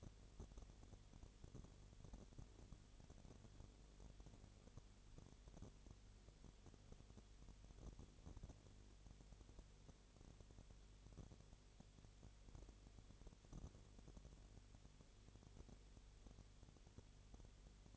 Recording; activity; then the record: daily activity, microphone in the room; no activity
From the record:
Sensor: 4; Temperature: 22.6 degrees Celsius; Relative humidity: 32.0%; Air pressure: 1008.1 hPa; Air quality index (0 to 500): 113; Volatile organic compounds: 2 ppm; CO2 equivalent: 1102 ppm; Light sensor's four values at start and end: 2/3/1/1 and 2/3/1/1